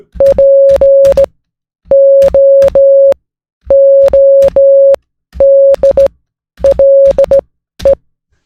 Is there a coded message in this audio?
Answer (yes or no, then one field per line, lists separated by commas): yes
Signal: Morse code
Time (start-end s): 0.2-7.9 s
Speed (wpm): 18 wpm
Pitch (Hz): 550 Hz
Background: none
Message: POODLE